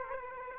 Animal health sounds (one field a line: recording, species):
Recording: mosquito wingbeat signal from an infrared sensor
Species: Aedes aegypti